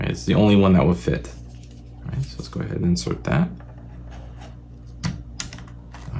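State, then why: Seated. A plastic pin-type memory card is pushed into the slot of a modded game controller. Someone talks at the start, then a sharp click at 5.4 s marks the card seating cleanly in the slot, followed by a few faint taps.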